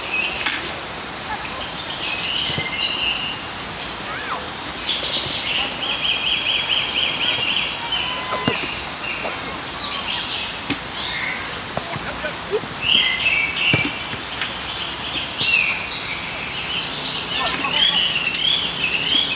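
In a park, birds chirp and trill almost constantly over a steady outdoor hiss, with faint clicks and occasional low murmurs underneath.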